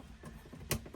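A model railway track piece is put in place on the layout track and pressed down to make sure it is locked in. One sharp click sounds at 0.7 s over faint background noise, followed by a softer sound near the end. The track piece locks in and is seated.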